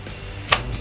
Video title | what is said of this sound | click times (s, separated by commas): Bugaboo Cameleon 3 vs. Bugaboo Buffalo 2017 Stroller Comparison - Most Popular - Best Strollers | just make sure the handlebar is on the top and lift until you hear a click | 0.5 s